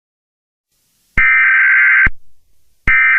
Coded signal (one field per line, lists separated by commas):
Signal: Emergency Alert System (SAME) tones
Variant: header bursts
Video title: EAS Scenario #1: A Radio-Like Problem (inspired by: Hazbin Hotel) DISCLAIMER IN DESCRIPTION!!!!!!